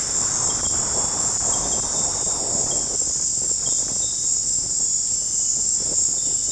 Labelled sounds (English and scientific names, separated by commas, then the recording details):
none
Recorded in dense forest near Puerto Asís, Putumayo, Colombia, on 26 December 2024 at 20:00
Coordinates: 0.481, -76.323
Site G100